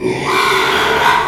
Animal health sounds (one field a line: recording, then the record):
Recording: squeal of a Yucatan mini pig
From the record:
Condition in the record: after surgery on the right vocal fold (resection and tissue-engineered implant)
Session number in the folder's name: 1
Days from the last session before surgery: 6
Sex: male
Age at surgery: 12 weeks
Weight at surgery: 13 kg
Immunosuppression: cyclosporine, prednisolone